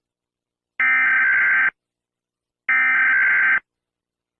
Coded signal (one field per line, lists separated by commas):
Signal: Emergency Alert System (SAME) tones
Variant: header bursts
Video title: Eas scenario: niim